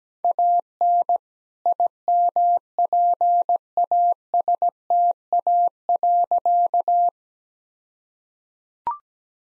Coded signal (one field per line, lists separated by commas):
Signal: Morse code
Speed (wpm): 17 wpm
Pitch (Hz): 700 Hz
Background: none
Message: AN IMPASTA.